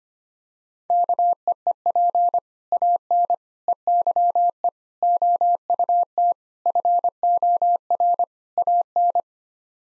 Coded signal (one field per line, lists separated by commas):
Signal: Morse code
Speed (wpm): 25 wpm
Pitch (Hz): 700 Hz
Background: none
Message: KEEP AN EYE OUT FOR AN